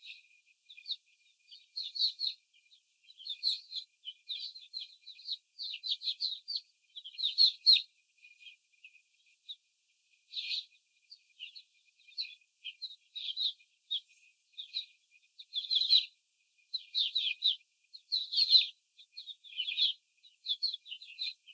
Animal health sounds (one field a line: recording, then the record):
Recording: young laying hens in a cage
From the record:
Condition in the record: after the stressor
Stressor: simulated dog barking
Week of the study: 4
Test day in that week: 3